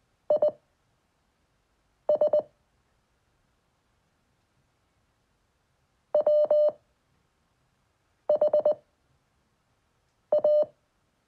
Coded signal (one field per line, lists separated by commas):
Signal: Morse code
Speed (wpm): 20 wpm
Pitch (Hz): 600 Hz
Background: none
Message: I S W H A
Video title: Learning Morse Code In 7 Days - Self Experiment (5 WPM)